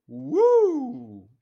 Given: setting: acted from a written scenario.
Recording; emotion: vocal sound without words; triumph